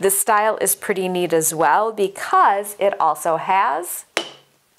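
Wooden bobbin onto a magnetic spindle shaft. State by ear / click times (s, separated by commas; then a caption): seated / 4.2 s. A removable wooden bobbin is put onto a spindle shaft, where a magnet holds it so it won't move around while spinning. Someone talks, then the bobbin snaps into place with a sharp magnetic click at 4.2 s. The bobbin is seated.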